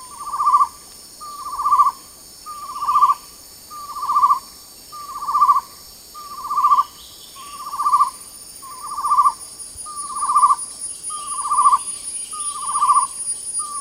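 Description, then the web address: Chestnut-necklaced partridge calling: a long series of eleven short trilled whistles, evenly spaced about 1.2 seconds apart, over a continuous buzzing insect chorus. Recorded at Danum on 8 August 2009. "DANUM. chestnut-necklaced hill partridge"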